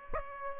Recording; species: mosquito wingbeat signal from an infrared sensor; Aedes aegypti